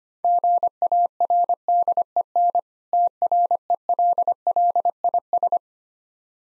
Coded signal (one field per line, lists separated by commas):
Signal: Morse code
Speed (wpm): 25 wpm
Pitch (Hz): 700 Hz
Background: none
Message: GARDEN TRELLIS